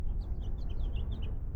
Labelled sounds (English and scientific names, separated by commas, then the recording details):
House Finch (Haemorhous mexicanus) song
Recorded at Lawrence on Long Island, New York, on 4 June 1975
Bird C